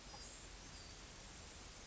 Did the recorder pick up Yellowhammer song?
no